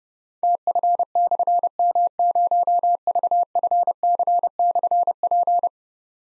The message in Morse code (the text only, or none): TF/M0VFC/P